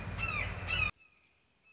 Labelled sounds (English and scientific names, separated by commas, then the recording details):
Red-shouldered Hawk (Buteo lineatus)
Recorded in Sonoma County, California